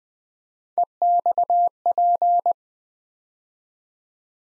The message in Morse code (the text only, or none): EXP